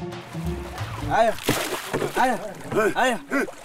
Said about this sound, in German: Mit aller Kraft ziehen die Fischer ihr schweres Boot aus dem See das Ufer hinauf.